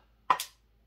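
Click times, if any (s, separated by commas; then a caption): 0.3 s. An 8-track tape cartridge is held between the knees while needle-nose pliers pry its plastic shell further open until the center locking tab releases. A single sharp plastic click sounds at 0.3 s, followed by a softer snap at 0.4 s. The center tab is released, leaving three of the cartridge's tabs open.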